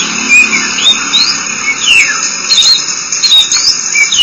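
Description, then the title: Oriental magpie-robin singing continuously, with looping whistled glides that swoop up and down, interspersed with brief chips, over a steady background drone. Song (kicauan). "Suara Kicauan Burung Kacer"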